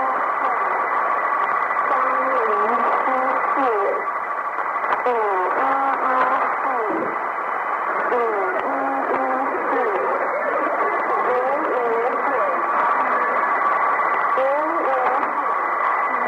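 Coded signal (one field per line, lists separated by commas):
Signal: numbers station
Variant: New Star Broadcasting, Mandarin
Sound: a voice reading short spaced words through heavy shortwave hiss and a steady tone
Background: radio static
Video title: The Conet Project 013 - New Star Broadcasting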